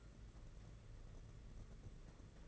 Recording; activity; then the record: daily activity, microphone in the room; take from stove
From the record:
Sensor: 4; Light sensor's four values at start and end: 5/11/4/5 and 5/11/4/5